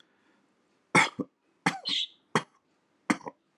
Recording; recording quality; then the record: shallow voluntary cough; moderate, slight background noise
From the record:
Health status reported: healthy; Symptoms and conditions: hypertension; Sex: male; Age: 48 years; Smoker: not ticked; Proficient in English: yes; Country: India